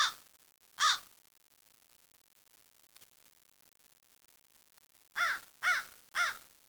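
Bird uttering harsh, nasal caws: two calls close together at the start, a long quiet gap, then three quick caws in a row.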